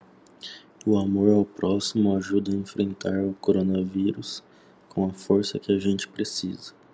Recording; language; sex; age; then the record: spoken sentence; Brazilian Portuguese; male; 30 to 39 years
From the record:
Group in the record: control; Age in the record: 34 years